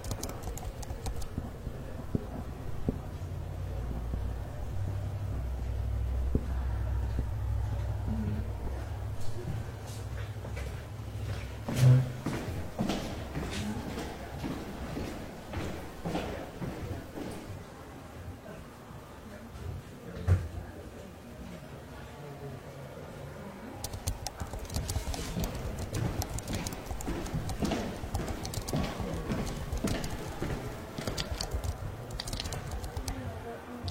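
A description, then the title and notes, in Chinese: Library ambience with scattered typing, writing and page-turning sounds: frequent short, sharp clicks and taps come irregularly throughout, thickening after about 24 seconds. A low steady hum sits underneath, strongest in the first ten seconds, with faint murmured voices at times. 公共图书馆沉浸式学习 图书馆环境音 打字声 写字翻书。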